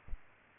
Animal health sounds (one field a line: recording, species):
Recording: mosquito wingbeat signal from an infrared sensor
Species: Aedes aegypti